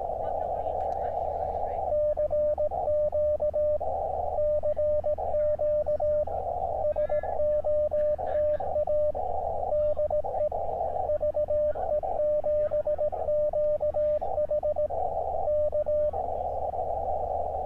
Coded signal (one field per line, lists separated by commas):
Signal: Morse code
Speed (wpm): 17 wpm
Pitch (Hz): 600 Hz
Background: speech, radio noise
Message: CQ CQ SOTA DE VE7QH K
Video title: KX2 is back baby! | SOTA up at Dufferin Hill Oct 29, 2022